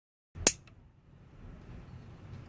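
The metal solenoid plunger in a RoboCrib VX/LX vending-machine latch assembly is pushed by hand after lubrication to check for clean movement. It gives one sharp, bright snap at 0.5 s, followed by a faint tick at 0.7 s and low background noise. The plunger snaps cleanly and the latch is seated.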